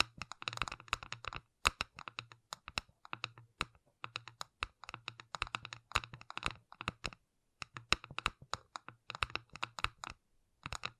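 Gentle tapping comes in quick bursts of crisp clicks, like fingertips drumming or typing on keys, with short pauses between clusters. The taps are bright and sharp, and a soft low hum rises under each run of taps, then drops away during the silences.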